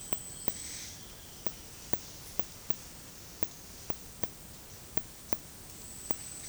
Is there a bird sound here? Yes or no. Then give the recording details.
no. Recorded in dense forest near Puerto Asís, Putumayo, Colombia, on 20 February 2024 at 11:00. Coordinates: 0.503, -76.322. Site G6418